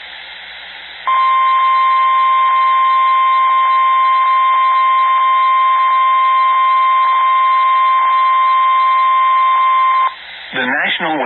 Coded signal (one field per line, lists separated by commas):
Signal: Emergency Alert System (SAME) tones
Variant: 1050 Hz attention tone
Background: speech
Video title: EAS Alerts From Half Of September EAS 32 58